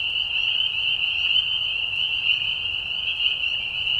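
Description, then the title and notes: Spring peeper: high piping peeps from a crowd of spring peepers run together into one steady shrill chorus without a break. Peeper frogs giving a mating call in a marsh at night in spring, during a very short season; high, low-volume whistles; Tiny Marsh Conservation Area, Tiny, Ontario. "Peeper frogs in the spring. Peeper frogs in a marsh at night. This is a mating call that happens during a very short season in the Spring. The high whistles at a low volume. Recorded at the Tiny Marsh Conservation area in Tiny, Ontario. Music for Sleep"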